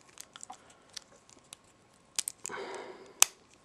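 A plastic axe accessory is lined up with the shield on a Transformers Animated Cybertronian Optimus Prime action figure, with small plastic taps, ticks and a brief scraping rustle as the parts resist locking into place. At 3.2 s the axe snaps onto the shield with a sharp, loud click, and it is seated.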